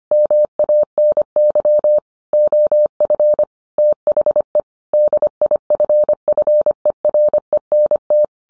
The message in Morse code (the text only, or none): MANY OF THE DIFFERENT